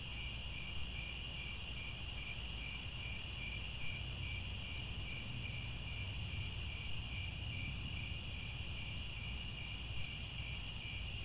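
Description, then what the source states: Crickets produce an even, high, fast-pulsing chorus from start to finish, with a low droning background. Chorus of crickets at twilight, as the sun sets and stars appear.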